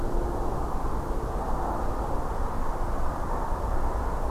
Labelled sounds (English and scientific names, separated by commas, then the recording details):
none
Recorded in France